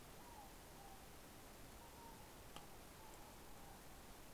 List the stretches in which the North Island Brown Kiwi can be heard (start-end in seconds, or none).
none